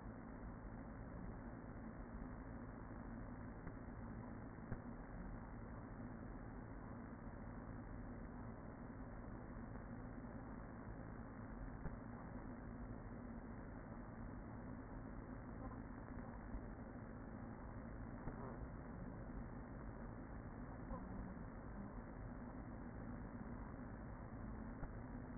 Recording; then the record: honeybee colony, microphone inside the hive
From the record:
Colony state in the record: queen present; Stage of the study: after two queens were removed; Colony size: about 40,000 bees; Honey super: no